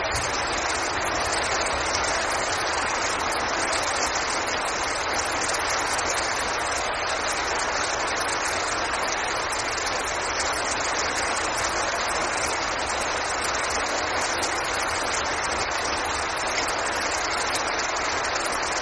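Heavy rain falls in a steady, dense hiss, thousands of drops blurring into one continuous wash. The sound is bright, holding the same level from start to finish with no breaks or distinct events, over a faint low rumble.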